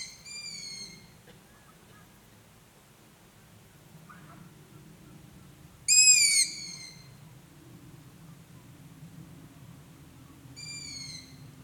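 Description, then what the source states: Long-eared owl giving three high, squeaky, drawn-out calls that fall slightly at the end, spaced about five seconds apart with the middle one loudest, over faint low background noise. Recorded on 27 June 2016.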